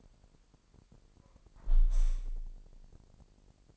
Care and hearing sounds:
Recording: daily activity, microphone in the room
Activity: close window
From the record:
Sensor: 5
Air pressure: 1000.0 hPa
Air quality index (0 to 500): 248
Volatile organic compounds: 35 ppm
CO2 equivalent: 3058 ppm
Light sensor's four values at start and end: 34/80/32/30 and 34/80/32/30

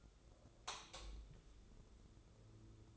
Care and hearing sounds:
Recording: daily activity, microphone in the room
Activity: light off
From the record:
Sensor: 3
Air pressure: 995.3 hPa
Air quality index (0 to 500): 81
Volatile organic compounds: 6 ppm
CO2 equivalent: 1943 ppm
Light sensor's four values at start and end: 12/30/12/12 and 9/21/9/8

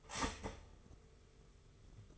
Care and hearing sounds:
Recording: daily activity, microphone in the room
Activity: start toaster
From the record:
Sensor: 4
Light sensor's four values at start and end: 17/55/20/20 and 18/58/21/21

